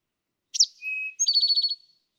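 Eastern towhee song, one phrase: a bright high chip, a lower held whistle, then a quick rattling trill of several notes.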